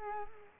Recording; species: mosquito wingbeat signal from an infrared sensor; Culex quinquefasciatus